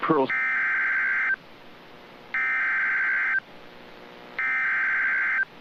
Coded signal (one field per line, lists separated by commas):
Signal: Emergency Alert System (SAME) tones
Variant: header bursts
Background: speech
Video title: (EAS #16) Severe Thunderstorm warning | 4/17/2024